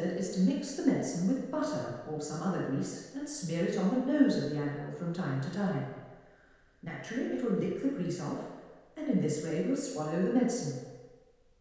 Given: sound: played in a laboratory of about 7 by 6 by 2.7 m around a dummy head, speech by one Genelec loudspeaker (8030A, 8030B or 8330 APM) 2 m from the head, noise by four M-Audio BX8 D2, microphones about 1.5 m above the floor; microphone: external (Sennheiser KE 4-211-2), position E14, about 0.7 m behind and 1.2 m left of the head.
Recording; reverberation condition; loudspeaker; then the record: female speech in English; high; behind (180 degrees)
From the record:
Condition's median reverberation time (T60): about 1300 ms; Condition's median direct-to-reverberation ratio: about -4.0 dB